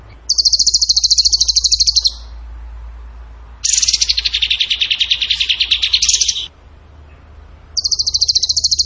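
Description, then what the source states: Bird trilling in long, fast, high-pitched rattling bursts separated by short pauses, with a steady low hum behind. Masteran training recording; song in the tembakan gacor style.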